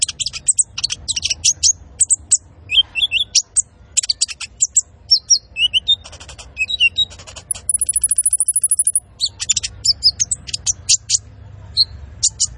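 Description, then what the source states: Van Hasselt's sunbird song: dense high chattering notes and twitters, then a long rapid high trill, followed by more twittering and scattered sharp chips. Masteran used to train cage birds and as a lure; full fill-ins and shots, energetic singing.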